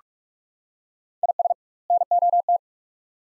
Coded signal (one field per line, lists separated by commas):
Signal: Morse code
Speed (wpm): 45 wpm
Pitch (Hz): 700 Hz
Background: none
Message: IS NOT